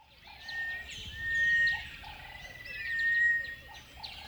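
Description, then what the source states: Birds singing in a dense chorus, with a long steady whistle held twice and many overlapping chirps and warbles around it. Birds singing at dawn in a river bed.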